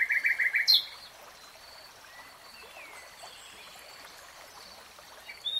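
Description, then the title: Nightingale song: a quick burst of about six rapidly repeated notes, then a long pause with faint birdsong. Three-hour real-time recording. "[Tiếng chim hót] Nightingale Singing"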